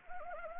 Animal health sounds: mosquito wingbeat signal from an infrared sensor; Anopheles arabiensis

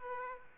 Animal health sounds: mosquito wingbeat signal from an infrared sensor; Aedes aegypti

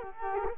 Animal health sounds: mosquito wingbeat signal from an infrared sensor; Culex quinquefasciatus

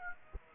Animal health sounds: mosquito wingbeat signal from an infrared sensor; Aedes aegypti

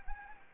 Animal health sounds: mosquito wingbeat signal from an infrared sensor; Anopheles gambiae

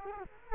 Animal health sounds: mosquito wingbeat signal from an infrared sensor; Culex quinquefasciatus

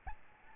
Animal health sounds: mosquito wingbeat signal from an infrared sensor; Aedes albopictus

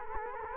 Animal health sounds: mosquito wingbeat signal from an infrared sensor; Culex quinquefasciatus

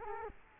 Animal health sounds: mosquito wingbeat signal from an infrared sensor; Culex quinquefasciatus

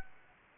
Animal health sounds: mosquito wingbeat signal from an infrared sensor; Aedes aegypti

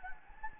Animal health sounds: mosquito wingbeat signal from an infrared sensor; Anopheles gambiae

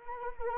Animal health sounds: mosquito wingbeat signal from an infrared sensor; Anopheles arabiensis

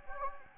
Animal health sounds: mosquito wingbeat signal from an infrared sensor; Anopheles gambiae

